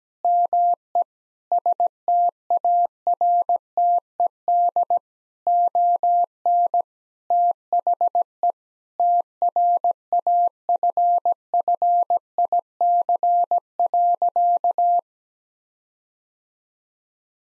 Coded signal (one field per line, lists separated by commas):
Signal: Morse code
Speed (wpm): 17 wpm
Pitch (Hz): 700 Hz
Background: none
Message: ME STARTED ON THE TRAFFIC.